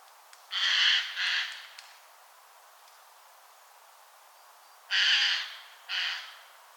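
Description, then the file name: Eurasian jay giving harsh, rasping screeches in two pairs, each pair of broad noisy bursts about a second apart, with a quiet pause of several seconds between the pairs. "Garrulus glandarius"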